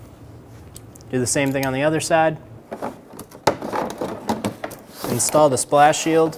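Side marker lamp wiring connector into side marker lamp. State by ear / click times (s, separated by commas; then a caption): seated / 0.8 s. A plastic side marker lamp wiring connector is pushed onto the side marker lamp socket while installing the front bumper cover on a 2000-2007 Ford Focus. A short, sharp click at 0.8 s shows the connector seated, followed by someone talking and a few more knocks and clunks.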